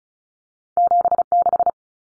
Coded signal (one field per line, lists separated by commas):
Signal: Morse code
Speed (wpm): 34 wpm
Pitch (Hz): 700 Hz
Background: none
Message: 76